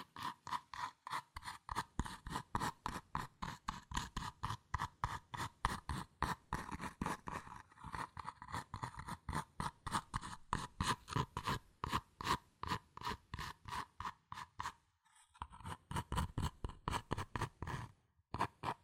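Fast tapping on cardboard and paper, a dense, regular stream of sharp knocks several per second running almost the whole time. Each tap has a papery, slightly hollow ring. A brief pause comes around fifteen seconds, then the rapid tapping resumes.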